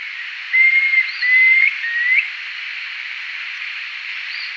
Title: LuckyPassaro Completos2Sama. Planalto Tyrannulet (Phyllomyias fasciatus)